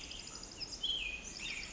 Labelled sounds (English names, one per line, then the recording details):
Pacific Wren
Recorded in Sonoma County, California